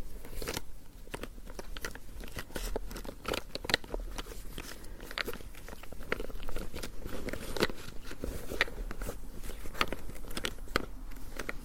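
Hands move and rub in a dense, layered stream of rustling, with sharp clicks and taps breaking through every half second or so. The texture stays busy and fairly even for the whole stretch, with a low rumble underneath and crisp bright edges on the taps.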